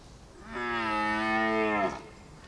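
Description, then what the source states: Red deer stag giving a single drawn-out harmonic roar of about one and a half seconds, steady in pitch then dropping at the end, with a quiet background. Subspecies hippelaphus; one male.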